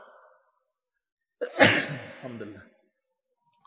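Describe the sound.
A single loud sneeze bursts out abruptly, with a sharp breathy onset that trails off into a short voiced tail. A brief murmur of speech comes just before it.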